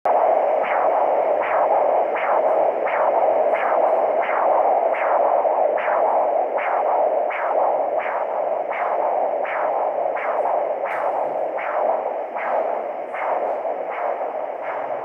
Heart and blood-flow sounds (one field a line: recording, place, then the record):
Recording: Doppler ultrasound of blood flow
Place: carotid artery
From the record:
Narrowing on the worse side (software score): mild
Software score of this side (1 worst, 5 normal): 4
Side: left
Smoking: never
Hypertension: no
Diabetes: no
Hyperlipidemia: no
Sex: female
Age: 18 years